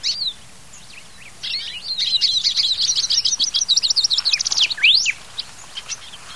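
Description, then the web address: Hooded siskin song, a single high note, then a pause, then a rapid, twittering trill with a sharp rising note and a few scattered chirps afterward. South America. "Natures Songs S America Hooded Siskin"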